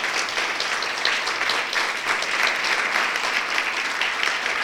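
An audience applauds together for God, a dense, steady wash of many hands clapping at an even loudness for several seconds, with no voices rising above it.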